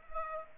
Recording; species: mosquito wingbeat signal from an infrared sensor; Culex pipiens